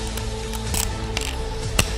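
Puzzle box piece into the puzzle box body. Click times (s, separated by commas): 1.8 s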